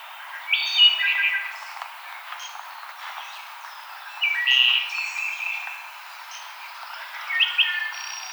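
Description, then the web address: Wood thrush delivering three separate flute-like phrases spaced by pauses. Recorded on 5 May 2007. "Wood Thrush 2007 05 05 Wood Thrush"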